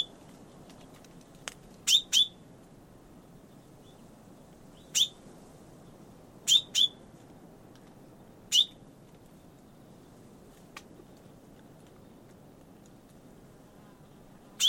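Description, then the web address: Bird calls, sharp short chirps, some in quick pairs, spaced a few seconds apart over a low steady rumble. "Bird Only"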